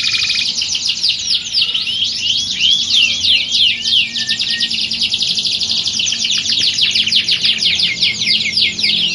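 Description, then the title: Canary song: fast rolling trills and swooping whistled notes, shifting into rapid buzzy repeated syllables near the end, continuous throughout. Belgian canary; warm-up song used to train birds for singing contests, a contest simulation meant to build a champion canary's nerve. "Canto Para Esquentar Canário Belga. Simulasi Lomba Kenari. Suara Kenari Lomba. Melatih Mental Kenari Juara"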